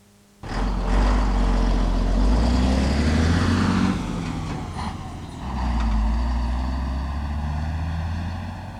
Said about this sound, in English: Number six is truck.